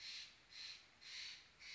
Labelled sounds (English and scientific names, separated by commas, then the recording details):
Steller's Jay (Cyanocitta stelleri)
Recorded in Sonoma County, California